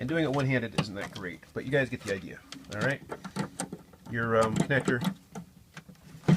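The stock plastic wiring connector is pushed back onto the daytime running light bulb in the headlight assembly of a 2007–2014 Escalade ESV while someone talks. A few small taps are heard near the end, and the connector clicks into place at 6.3 s, seated.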